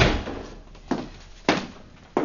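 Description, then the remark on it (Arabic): A door is pushed shut with a few sharp, heavy thuds, three distinct knocks of wood and latch spaced unevenly over a couple of seconds, with no voices. “أغلق الباب.”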